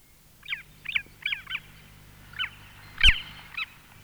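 Long-tailed Skua giving a series of short, sharp calls, about seven in four seconds, with a sharp click near the end over low background hum.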